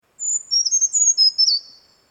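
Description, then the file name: Brown Creeper song: a very high, thin, sibilant phrase of drawn-out notes that wavers and slides slightly downward over about one and a half seconds. "2012-10-25 Brown Creeper"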